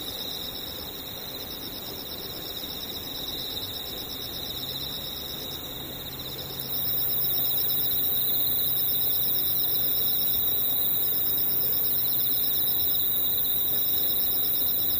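Insects trill in a steady, dense chorus of high, piercing tones that hold without pause. Shortly before the midpoint an even higher, shriller buzz joins and the whole sound grows louder, while a faint low hum runs underneath.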